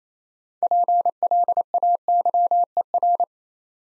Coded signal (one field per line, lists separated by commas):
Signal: Morse code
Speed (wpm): 28 wpm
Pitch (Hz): 700 Hz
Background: none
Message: PLAYER